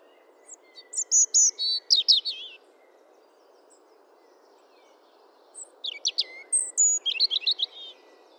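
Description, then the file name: European robin singing two short bursts of high, tinkling, hurried notes separated by about three seconds of quiet, with steady faint background noise. "Erithacus rubecula"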